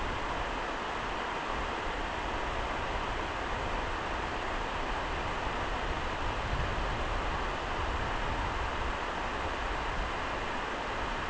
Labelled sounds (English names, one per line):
none